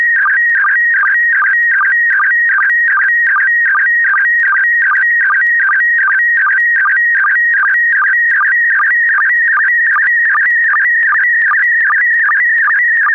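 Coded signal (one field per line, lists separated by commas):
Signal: SSTV (slow-scan television)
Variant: PD50 mode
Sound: warbling, buzzy tone with steady rhythmic clicks several times a second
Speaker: Tot zover het nieuws van vandaag. Volgt nu dus het iets langere grote SSTV-plaatje in kleur in de mode PD50 en daarna de mossen.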